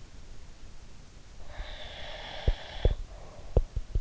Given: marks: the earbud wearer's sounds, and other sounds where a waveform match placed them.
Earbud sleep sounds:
sounds in sleep by an in-ear microphone; breath
1.43-3.88 s: breath
1.54-4.01 s: sound from someone else or the room

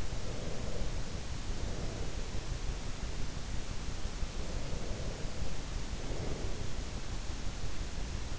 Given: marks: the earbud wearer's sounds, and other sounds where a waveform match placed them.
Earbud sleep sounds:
sounds in sleep by an in-ear microphone; breath
0.00-2.32 s: breath
4.32-6.76 s: breath

